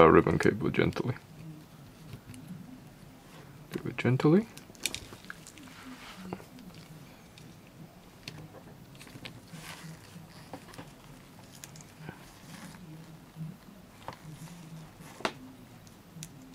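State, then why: Not seated. Someone talks while handling a wide flex ribbon cable connector, easing it gently toward its logic board socket inside an iPad mini 2 with Retina display. Faint handling noise and a few small sharp ticks are heard over a quiet background. The connector has not seated or clicked yet.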